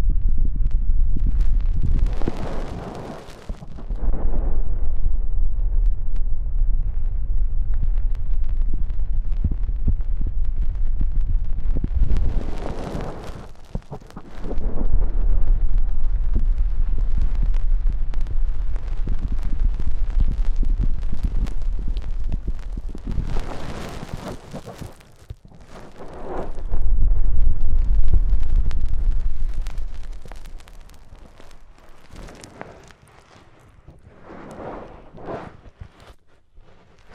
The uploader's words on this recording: ASMR INTENSE Deep Ear Cleaning (No Talking).